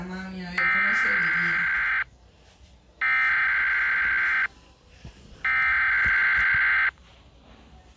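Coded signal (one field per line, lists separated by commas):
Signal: Emergency Alert System (SAME) tones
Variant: header bursts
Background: speech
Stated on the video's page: Fictional EAS scenario.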